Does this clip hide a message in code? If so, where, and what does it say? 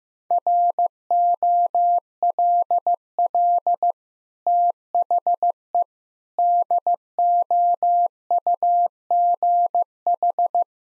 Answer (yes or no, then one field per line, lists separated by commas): yes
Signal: Morse code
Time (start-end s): 0.3-10.6 s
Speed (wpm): 15 wpm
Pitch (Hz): 700 Hz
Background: none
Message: ROLL THE DOUGH